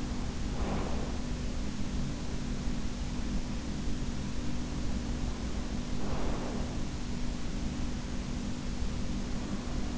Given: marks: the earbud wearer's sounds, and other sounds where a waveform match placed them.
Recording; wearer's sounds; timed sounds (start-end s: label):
sounds in sleep by an in-ear microphone; breath
0.00-1.61 s: breath
5.42-7.25 s: breath